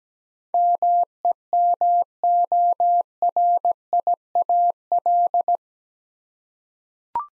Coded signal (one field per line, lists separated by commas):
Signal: Morse code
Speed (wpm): 17 wpm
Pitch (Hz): 700 Hz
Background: none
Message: MEMORIAL